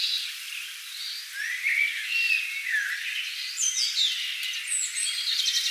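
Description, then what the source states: Bird song with varied high whistles, slurred notes and chirps, several singers overlapping, busier toward the end. Meadow birds in summer.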